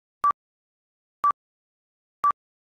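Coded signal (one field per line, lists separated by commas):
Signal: none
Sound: answering machine beep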